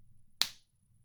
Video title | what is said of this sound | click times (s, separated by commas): t:slim Insulin Pump Site Change | there's the click all right we're in | 0.4 s